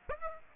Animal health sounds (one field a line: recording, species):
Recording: mosquito wingbeat signal from an infrared sensor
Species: Aedes aegypti